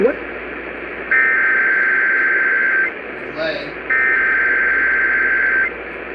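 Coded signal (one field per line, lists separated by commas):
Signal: Emergency Alert System (SAME) tones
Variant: header bursts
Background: speech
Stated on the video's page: Iowa required monthly tests possibly sent through IPAWS; Wisconsin required monthly test relayed by an AM station via NOAA Weather Radio, plus weekly tests.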